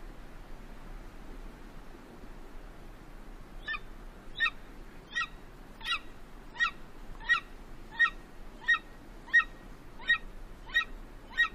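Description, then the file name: Golden eagle calling: after a few seconds of low background rumble, a run of short, sharp downslurred yelps starts and repeats about every 0.7 seconds. "Canto-da-Águia-Dourada"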